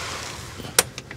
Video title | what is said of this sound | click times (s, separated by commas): 2004 Honda CRV Check Engine Light - P0497 Evap System Low Purge Flow & ABS Trouble Codes 17-1 FIXED! | nice solid click that looks good | 0.8 s